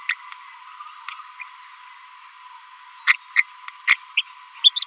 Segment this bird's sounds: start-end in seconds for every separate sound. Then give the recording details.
0.09-0.14, 3.08-3.15, 3.36-3.42, 3.88-3.95, 4.17-4.21, 4.64-4.69, 4.76-4.83. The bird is a female. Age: 24 days. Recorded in a nest box in Venezuela. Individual 17B42B1